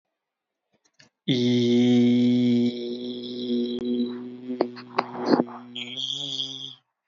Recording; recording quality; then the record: sustained vowel as in beet; excellent, no background noise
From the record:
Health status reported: healthy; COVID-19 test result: not tested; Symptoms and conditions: none ticked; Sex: male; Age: 39 years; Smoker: not ticked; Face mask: worn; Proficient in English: yes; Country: India